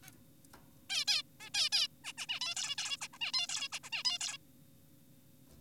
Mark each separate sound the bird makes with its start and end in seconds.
0.03-0.10, 0.90-1.04, 1.08-1.23, 1.40-1.50, 1.54-1.69, 1.72-1.88, 2.04-2.13, 2.18-2.26, 2.29-2.40, 2.41-2.55, 2.56-2.76, 2.78-2.97, 3.01-3.08, 3.13-3.18, 3.21-3.32, 3.34-3.47, 3.49-3.68, 3.72-3.79, 3.84-3.90, 3.92-4.03, 4.05-4.18, 4.21-4.38